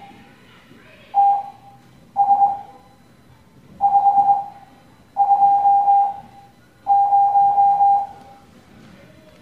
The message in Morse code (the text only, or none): T S 5 2 0